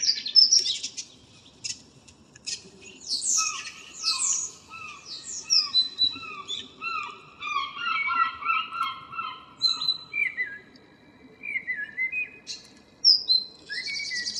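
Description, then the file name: Common blackbird song: dense run of warbled fluty notes and high chirps lasting most. "Turdus merula"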